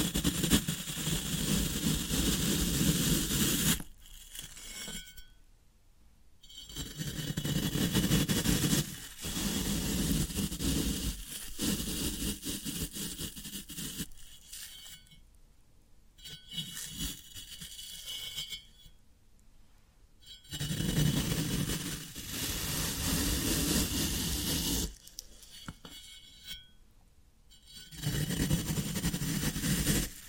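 Floral foam is rubbed and crushed in long, dense, gritty bursts with a rough low rumble beneath a hissing crackle. Brief pauses break the scraping near 4, 15, 19 and 27 seconds before the steady grinding resumes.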